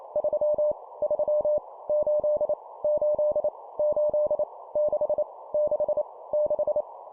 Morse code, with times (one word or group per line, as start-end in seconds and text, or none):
0.2-0.7 3
1.0-1.6 3
1.9-2.5 8
2.8-3.5 8
3.8-4.4 8
4.8-5.2 6
5.5-6.0 6
6.3-6.8 6